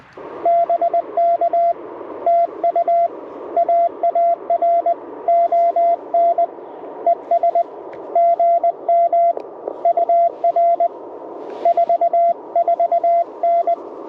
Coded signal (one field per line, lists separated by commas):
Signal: Morse code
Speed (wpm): 20 wpm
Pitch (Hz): 680 Hz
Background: radio noise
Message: BK TU AARON ES GM UR 44N